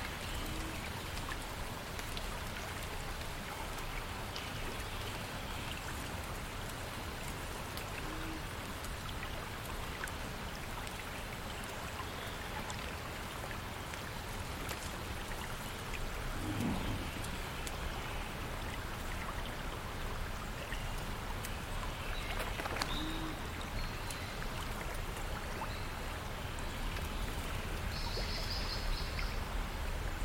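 Gentle flowing water and rustling leaves form a steady, dense wash of sound that hardly changes over the thirty seconds. A few brief chirps and clicks break through now and then, around the middle and again near the end.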